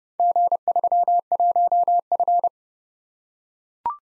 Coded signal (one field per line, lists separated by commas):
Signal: Morse code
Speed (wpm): 27 wpm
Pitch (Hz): 700 Hz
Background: none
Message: G31F